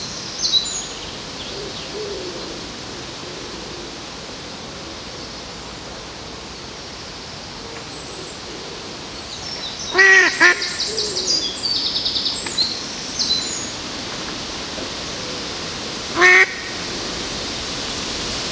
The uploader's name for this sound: Sounds along the river in Odense, Denmark